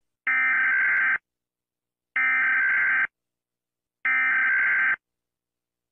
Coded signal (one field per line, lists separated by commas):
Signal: Emergency Alert System (SAME) tones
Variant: header bursts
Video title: eas scenario catemojibabyheat part 4